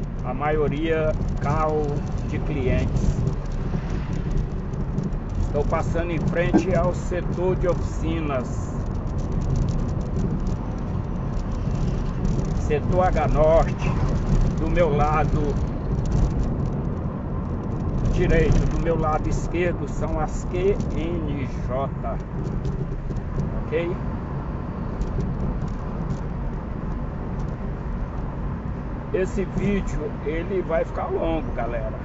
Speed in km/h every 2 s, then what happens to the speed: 37, 40, 41, 43, 44, 45, 46, 48, 48, 49, 47, 47, 46, 46, 47, 49.
0-14 speeds up to 48. 14-32 steady at about 47.